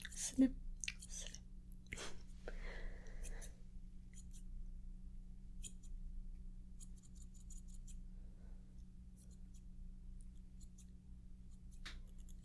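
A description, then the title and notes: A haircut. A steady low electric hum runs throughout, with sharp snips and clicks in the first few seconds and a short buzzing burst around three seconds. Faint scattered ticks and light brushing sounds follow. HAIRCUT, SHAVE, & SIDE BUZZ (Barbershop RP).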